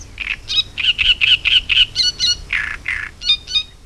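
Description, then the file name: Great reed warbler song: harsh, grating churring notes repeated rapidly, about a dozen in under four seconds, with a few squeakier, higher notes mixed in. "Acrocephalus arundinaceus"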